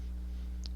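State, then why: Seated. The left-side assembly piece of a NordicTrack T6.5 S treadmill is lined up and pushed into the frame until it locks evenly on both sides. Over a steady low hum, one short, sharp click sounds at 0.7 s as the piece seats and locks in place.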